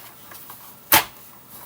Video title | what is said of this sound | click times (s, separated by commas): LEGO City 2024 Yellow Delivery Truck 60440 Build Part 2 | now this just hitches right up in here snaps in place | 0.9 s